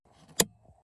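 A plastic glove box latch hook on a 2022–2025 Honda Civic is pushed into its spot on the dashboard, refitted as the last step of a cabin air filter replacement. After faint rustling, a single sharp click sounds at 0.4 seconds, followed by a low, brief shuffling. The latch hook is seated and clicked home.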